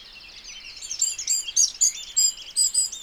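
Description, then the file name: Eurasian wren song: short, very high, sharp notes repeated in quick succession. "Troglodytes troglodytes"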